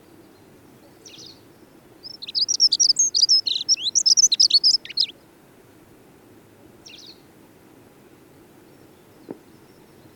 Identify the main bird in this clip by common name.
Dunnock